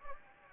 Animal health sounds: mosquito wingbeat signal from an infrared sensor; Anopheles gambiae

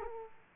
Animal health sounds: mosquito wingbeat signal from an infrared sensor; Aedes aegypti

